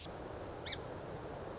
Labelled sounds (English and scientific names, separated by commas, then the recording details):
Song Sparrow (Melospiza melodia)
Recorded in Sonoma County, California